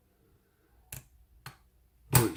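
A brass padlock is picked pin by pin, with sharp, faint pick clicks around 0.9 s and 1.5 s. At 2.2 s the shackle springs open from the lock body with a louder, fuller click, and the lock is released.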